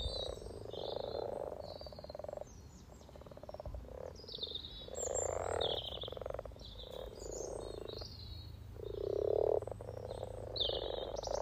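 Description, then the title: Frogs croaking in repeated purring bursts of a second or two, a low hum beneath and bright bird song sounding across the top. Chorus of about 20 frogs in sunny garden pond, some floating, some on fresh spawn, welcoming arriving females; Freshfield, Formby, Merseyside, UK; sunny St Patrick's day lunchtime, 17 March 2023, spring. "Frog Chorus Spring sounds first Lunch outside St Patrick’s day 17 March 2023 . Freshfield, Formby"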